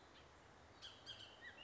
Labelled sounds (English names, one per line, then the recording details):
Bullock's Oriole
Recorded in Sonoma County, California